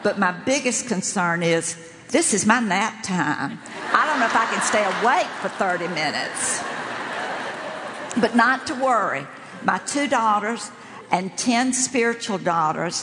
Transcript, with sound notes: But my biggest concern is, this is my naptime. I don’t know if I can stay awake for thirty minutes! (laughter) But not to worry. My two daughters and ten spiritual daughters